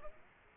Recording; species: mosquito wingbeat signal from an infrared sensor; Aedes aegypti